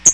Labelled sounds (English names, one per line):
Hooded Warbler flight call